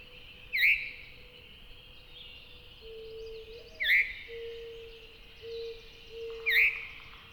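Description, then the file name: Veery giving three falling 'veer' notes spaced about three seconds apart over soft background birdsong and a low steady hum. "very veery"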